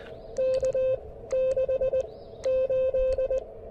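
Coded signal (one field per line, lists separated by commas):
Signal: Morse code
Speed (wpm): 19 wpm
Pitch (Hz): 520 Hz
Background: none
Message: K 6 8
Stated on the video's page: Portable QRP park activation with a KX3 and an improvised speaker-wire antenna, later moving to 30 meters.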